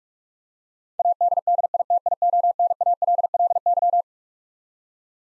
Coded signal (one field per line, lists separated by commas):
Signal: Morse code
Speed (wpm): 42 wpm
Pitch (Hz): 700 Hz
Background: none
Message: ADDITIONALLY